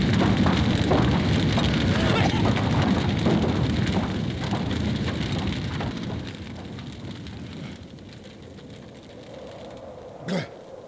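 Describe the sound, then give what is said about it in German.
A pine forest fire crackles with dense, irregular pops over a low roar, settling into a quieter smoldering hiss partway through as the fire passes and the trees and forest floor are left smoking, with one sharp burst near the end. “Doch das Feuer ist schon vorübergezogen. Die Bäume und der Waldboden bleiben qualmend zurück.”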